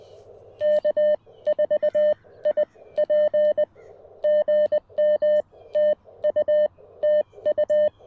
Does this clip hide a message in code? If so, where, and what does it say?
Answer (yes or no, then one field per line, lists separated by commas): yes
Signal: Morse code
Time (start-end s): 0.6-7.9 s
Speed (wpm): 20 wpm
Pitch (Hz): 1800 Hz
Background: none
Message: K4IP GM TU TU